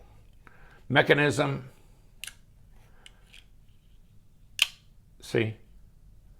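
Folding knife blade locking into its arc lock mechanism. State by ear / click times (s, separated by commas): seated / 4.6 s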